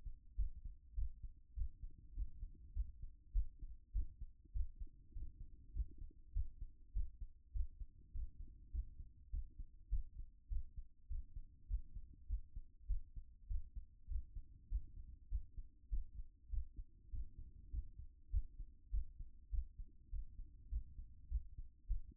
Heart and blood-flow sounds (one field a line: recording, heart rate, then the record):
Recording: heart sounds by stethoscope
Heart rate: 100 bpm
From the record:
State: after exercise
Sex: female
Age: 50 years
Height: 170 cm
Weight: 70 kg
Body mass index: 24.22